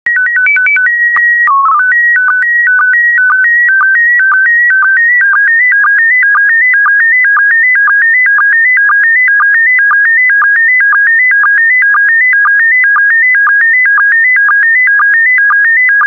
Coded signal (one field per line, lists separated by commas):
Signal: SSTV (slow-scan television)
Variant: PD 120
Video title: 164018 Ocean Life SSTV PD120